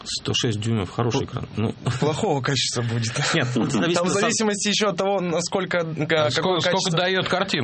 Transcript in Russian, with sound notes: 106 дюймов – хороший экран.
Плохого качества будет. (смеется) В зависимости еще от того, насколько……
сколько дает картинка.